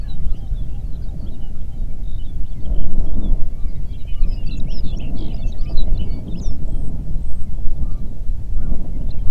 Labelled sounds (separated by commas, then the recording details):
songbird, wind
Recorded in the Prudhoe Bay oil fields, Alaska, on 8 June 2019 at 04:55
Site 30